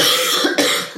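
A brief harsh, noisy cough burst from an adult woman with laryngitis and terrible coughing fits.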